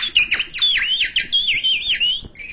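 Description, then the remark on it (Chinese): A caged songbird, in a birdcage held by an old man in a small courtyard in Shijing Hutong, Dashilan, Beijing, calls in a rapid run of bright, swooping whistled notes, high-pitched and fairly loud, repeating for about two seconds before a brief steady tone; no one speaks. “我一进来就听着这鸟叫。”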